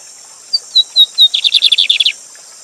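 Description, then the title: Lined seedeater singing four clear, slightly falling whistles, then a fast buzzy trill, with a constant high-pitched hiss behind. Teacher bird (professor de canto) named Gavião Negro, singing live with a waterfall. "Bigode Gavião Negro Professor De Canto Cantando Ao Vivo Com Cascata"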